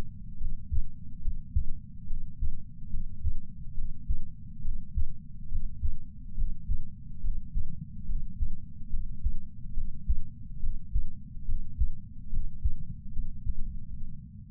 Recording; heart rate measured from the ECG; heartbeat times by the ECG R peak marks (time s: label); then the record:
heart sounds by patch sensor on the chest; 72 bpm
0.38 s: heartbeat
1.21 s: heartbeat
2.07 s: heartbeat
2.90 s: heartbeat
3.75 s: heartbeat
4.62 s: heartbeat
5.49 s: heartbeat
6.35 s: heartbeat
7.21 s: heartbeat
8.06 s: heartbeat
8.90 s: heartbeat
9.74 s: heartbeat
10.60 s: heartbeat
11.46 s: heartbeat
12.30 s: heartbeat
13.12 s: heartbeat
13.63 s: heartbeat
From the record:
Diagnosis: coronary artery disease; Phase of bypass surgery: intraoperative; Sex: male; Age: 69 years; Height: 165 cm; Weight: 60 kg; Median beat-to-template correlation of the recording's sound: 0.76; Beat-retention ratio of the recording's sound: 0.99